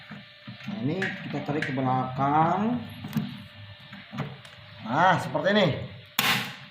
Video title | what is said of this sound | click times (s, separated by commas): empat lawang unboxing wireles | itu sudah terkunci. Berbunyi dia ketak. | 6.2 s